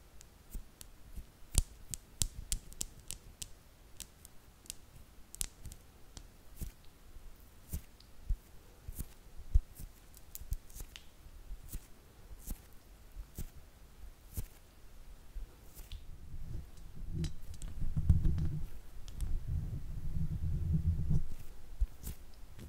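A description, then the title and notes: Hand sounds: irregular sharp clicks and taps throughout, joined after about 16 seconds by a louder low rubbing rumble in two swells. ASMR HAND SOUNDS (No Talking).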